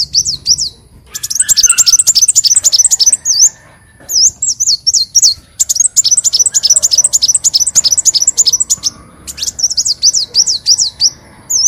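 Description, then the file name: Leafbird song of long, rapid series of high chirps and looping whistled notes, broken by brief pauses, bright and continuous. "Tieng chim xanh tim"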